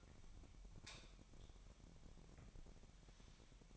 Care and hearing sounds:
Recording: daily activity, microphone in the room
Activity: light on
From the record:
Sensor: 1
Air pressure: 1012.0 hPa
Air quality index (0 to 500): 238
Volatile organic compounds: 6 ppm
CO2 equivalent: 1896 ppm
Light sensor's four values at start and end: 11/26/10/12 and 14/41/16/17

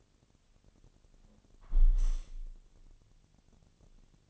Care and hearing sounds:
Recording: daily activity, microphone in the room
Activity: close window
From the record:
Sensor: 4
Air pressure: 1001.2 hPa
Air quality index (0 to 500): 178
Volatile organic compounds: 2 ppm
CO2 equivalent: 1272 ppm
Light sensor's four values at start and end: 12/27/11/12 and 12/27/11/12

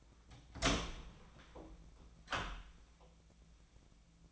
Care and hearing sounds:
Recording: daily activity, microphone in the room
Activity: open door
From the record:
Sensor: 1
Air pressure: 1009.3 hPa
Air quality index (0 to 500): 188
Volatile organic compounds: 4 ppm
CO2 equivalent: 1584 ppm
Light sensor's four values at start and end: 68/158/70/76 and 68/158/70/76

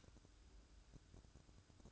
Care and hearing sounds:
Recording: daily activity, microphone in the room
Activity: light off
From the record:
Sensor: 2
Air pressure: 1007.7 hPa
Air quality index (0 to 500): 71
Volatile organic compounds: 1 ppm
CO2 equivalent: 624 ppm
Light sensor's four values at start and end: 14/38/15/15 and 9/20/8/9

